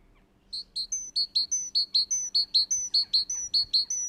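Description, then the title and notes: Great tit delivering a quick, steady series of high clear three-note phrases, rhythmically repeated. "Talitiainen."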